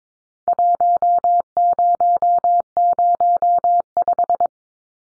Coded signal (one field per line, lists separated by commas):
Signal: Morse code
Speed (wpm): 22 wpm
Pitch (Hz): 700 Hz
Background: none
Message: 1005